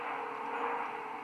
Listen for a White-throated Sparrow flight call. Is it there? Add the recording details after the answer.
no. No flight call is heard. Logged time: 02:50 on 13 December 2014